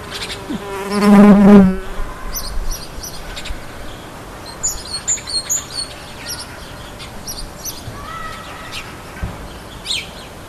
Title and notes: Hummel Und Kohlmeise. Audioaufnahme einer Hummel +dem "Frühlingsruf der Kohlmeise"